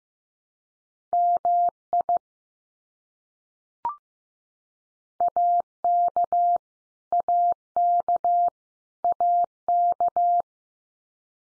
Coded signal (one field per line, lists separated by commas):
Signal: Morse code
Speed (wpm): 15 wpm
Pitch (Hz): 700 Hz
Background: none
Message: MI AK AK AK